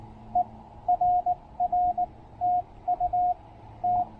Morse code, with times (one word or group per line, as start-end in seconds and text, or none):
0.4-0.4 E
0.9-2.0 RR
2.4-3.3 TU
3.8-4.0 T